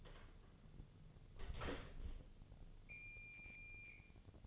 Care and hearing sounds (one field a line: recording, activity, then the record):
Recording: daily activity, microphone in the room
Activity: close door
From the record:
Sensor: 4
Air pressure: 1016.0 hPa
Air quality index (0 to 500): 200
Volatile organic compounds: 11 ppm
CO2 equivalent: 2278 ppm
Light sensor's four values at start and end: 9/20/8/7 and 9/20/8/7